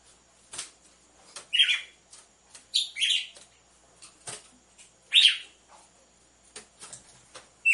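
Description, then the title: Red-cowled cardinal song: scratchy, warbled chirp phrases in irregular bursts, separated by brief pauses filled with soft ticking clicks. Female song, used to warm up males; paired with the beat of two males. "Canto Galo Campina Fêmea 01. ESQUENTE GALO DE CAMPINA COM BATIDA DE DOIS MACHOS"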